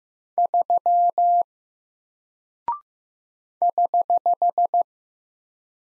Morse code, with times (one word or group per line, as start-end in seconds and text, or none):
0.4-1.4 3
3.6-4.8 <HH>